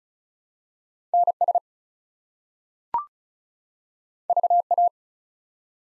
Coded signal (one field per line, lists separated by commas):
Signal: Morse code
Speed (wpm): 36 wpm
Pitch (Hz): 700 Hz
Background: none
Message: NS VA